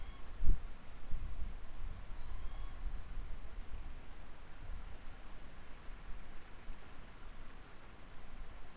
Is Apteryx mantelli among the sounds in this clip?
no